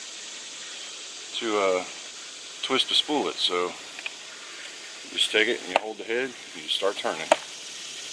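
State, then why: Not seated. A string trimmer bump head is held while its spool is twisted to wind the line on, with someone talking throughout and a brief sharp tick near 4.1 s. Nothing has seated or clicked into lock yet; the clip ends before the part goes home.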